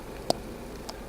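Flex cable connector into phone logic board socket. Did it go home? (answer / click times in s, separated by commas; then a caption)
yes / 0.3 s. A flat press-fit flex cable connector is pressed onto an iPhone logic board socket and clicks in at 0.3 s with a short, sharp snap. A fainter tick follows at 0.9 s over a quiet background. The connector is seated.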